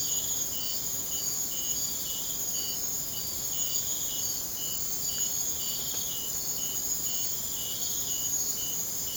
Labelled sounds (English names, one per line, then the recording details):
none
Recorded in secondary vegetation near Puerto Asís, Putumayo, Colombia, on 30 June 2025 at 02:30
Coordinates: 0.500, -76.326
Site GP08